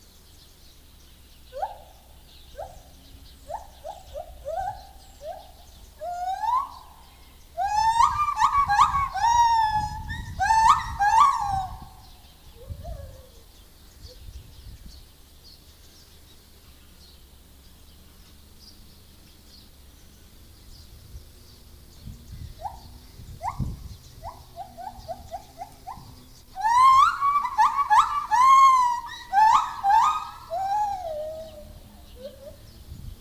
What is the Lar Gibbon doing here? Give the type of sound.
call